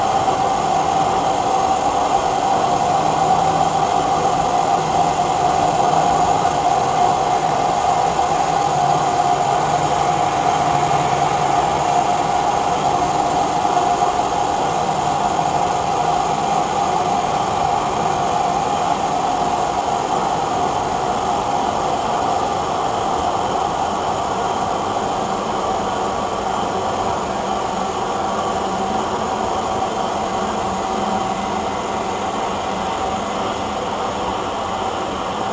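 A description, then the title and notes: Layered shortwave radio textures form a steady, dense rushing hiss with a sustained mid-pitched whine, strongest early on, over a low rumbling drone. This track was assembled using multiple layers of textured sounds recorded from sw radio and archived sound files. The software I use are Propellerhead Reason, Ambient v3.0, PaulStretch, and mixed with Audacity.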